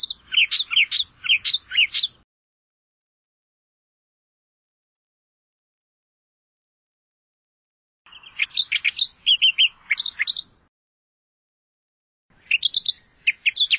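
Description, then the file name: Australian reed warbler singing in three separated bursts of rapid, harsh, repeated notes at high pitch, with long silent pauses between the bursts. "suara kicauan burung kerakbasi australia. omkicau"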